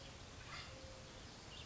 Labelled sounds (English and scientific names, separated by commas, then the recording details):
Acorn Woodpecker (Melanerpes formicivorus)
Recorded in Sonoma County, California